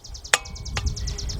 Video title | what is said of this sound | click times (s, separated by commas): ⭐ 2004 Nissan Maxima - 3.5 - P0301 - Cylinder 1 Misfire Detected. | so go ahead and tighten it up till it clicks and | 0.3 s